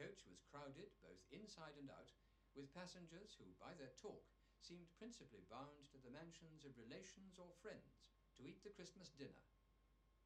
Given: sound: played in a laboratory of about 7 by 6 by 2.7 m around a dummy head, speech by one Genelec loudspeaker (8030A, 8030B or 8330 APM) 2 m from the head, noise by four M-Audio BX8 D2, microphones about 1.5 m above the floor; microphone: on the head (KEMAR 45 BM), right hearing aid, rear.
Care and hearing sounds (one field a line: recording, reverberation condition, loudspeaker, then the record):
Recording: male speech in English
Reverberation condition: low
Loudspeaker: behind (180 degrees)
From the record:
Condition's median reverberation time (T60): about 310 ms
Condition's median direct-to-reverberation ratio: about 3.5 dB